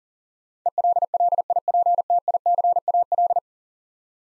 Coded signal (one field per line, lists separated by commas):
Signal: Morse code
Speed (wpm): 37 wpm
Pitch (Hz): 700 Hz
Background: none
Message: ELLIPTICAL